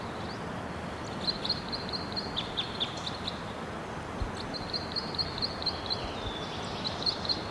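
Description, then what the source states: White-winged Crossbill song: quick series of high chips and brief trills in two bursts, separated by a short pause, over constant hiss. Red male perched in the top of a tall tree, singing.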